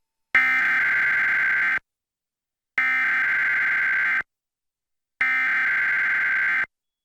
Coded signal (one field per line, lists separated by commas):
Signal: Emergency Alert System (SAME) tones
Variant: header bursts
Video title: EAS #1046-1047: 2 EAS Required Monthly Tests- Jan. 10, 2025- 2:20PM PST